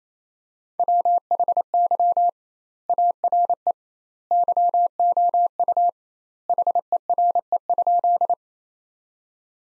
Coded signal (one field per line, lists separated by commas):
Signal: Morse code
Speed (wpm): 28 wpm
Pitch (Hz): 700 Hz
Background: none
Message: WHY ARE YOU HERE?